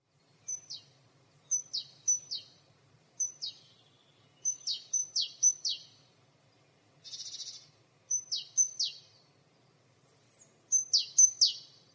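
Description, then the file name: Great tit calls: short high notes with a falling tail, given in pairs and triplets, plus one brief harsh buzzy burst midway. "Parus major"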